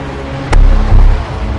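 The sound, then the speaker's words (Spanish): Police cars pull up and stop before the entrance gate of the Chateau Villette: a sudden thump gives way to a low engine rumble that swells briefly, then eases off over a steady hiss, with no voices. “Detienen los coches ante la verja de entrada y salen de los vehículos.”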